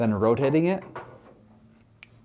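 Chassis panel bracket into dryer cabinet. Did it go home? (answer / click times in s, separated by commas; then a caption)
yes / 2.0 s. Someone talks while reinstalling a chassis panel bracket into a Fisher & Paykel dryer cabinet during a drum belt replacement (part # 395048), hooking one end in first and then rotating it. A single sharp snap at 2.0 seconds marks the bracket seating into place.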